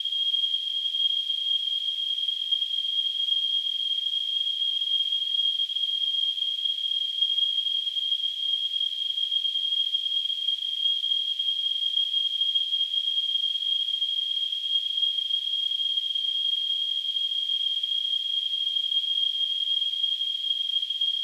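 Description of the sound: Simulated tinnitus: a steady, continuous high-pitched tone near 3 kHz over a faint band of hiss, unchanging throughout.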